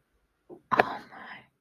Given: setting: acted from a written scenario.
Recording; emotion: vocal sound without words; romantic love